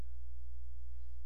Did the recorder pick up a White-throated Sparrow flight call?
no